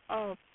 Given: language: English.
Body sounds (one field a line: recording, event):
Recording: throat vibration sensor signal played as sound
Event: speech